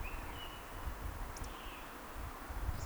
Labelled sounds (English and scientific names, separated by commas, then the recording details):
Eurasian Woodcock (Scolopax rusticola) whistle
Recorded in Baden-Württemberg, Germany, on 30 May 2021 at 19:49 UTC
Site 43323, 910 m above sea level